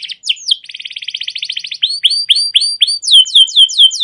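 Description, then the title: Canary song: a fast buzzy trill of rapid notes, then a string of sweeping upslurred whistles, ending in quick repeated falling chirps, all high-pitched and continuous. Long, continuous rolling canary song in a mastering recording, made for luring and training canaries to sing. "CUIT CUIT NGEROL LANGSUNG GACOR PANJANG Kenari Ini AMPUH Utk Pancingan KENAR. Masteran Suara Burung Kenari Gacor Panjang cuit cuit Ngerol untuk Pancingan Kenari!"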